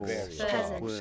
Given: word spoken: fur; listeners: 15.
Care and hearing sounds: one English word in noise, from a listening test; four-talker babble; -2.4 dB; 1 of 15; 6 of 15; 0.61 s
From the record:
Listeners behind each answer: 6, 2, 1, 1, 1, 1, 1, 1, 1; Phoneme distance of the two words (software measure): 41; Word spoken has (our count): 1 syllable, 2 phonemes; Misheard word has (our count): 2 syllables, 5 phonemes, stress on syllable 1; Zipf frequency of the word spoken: 4.03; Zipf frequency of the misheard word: 3.43

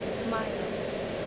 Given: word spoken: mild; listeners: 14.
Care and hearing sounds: one English word in noise, from a listening test; speech-shaped noise; -4.6 dB; 3 of 14; 6 of 14; 0.86 s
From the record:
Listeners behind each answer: 6, 3, 2, 1, 1, 1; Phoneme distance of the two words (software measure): 7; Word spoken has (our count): 1 syllable, 4 phonemes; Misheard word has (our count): 1 syllable, 3 phonemes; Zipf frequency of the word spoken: 4.14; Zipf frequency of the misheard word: 4.62

